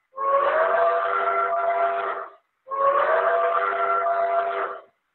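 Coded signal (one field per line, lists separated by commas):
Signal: train horn signal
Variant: steam locomotive whistle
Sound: two long breathy steam whistle blasts with a chordal tone and a short gap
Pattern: 2 long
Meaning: Two long blasts: train is about to move forward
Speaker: now we're gonna roll out a little signal so two long blasts say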